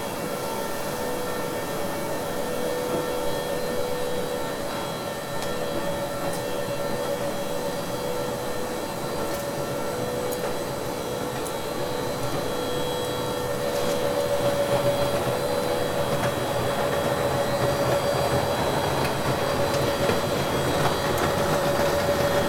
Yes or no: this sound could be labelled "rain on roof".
no